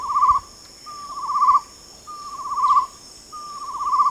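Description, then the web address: Chestnut-necklaced partridge call: wavering whistled phrases rising in loudness, four in sequence roughly a second apart, insects buzzing high and steady in the background. Recorded at Danum on 8 August 2009. "DANUM 20090808. chestnut-necklaced hill partridge"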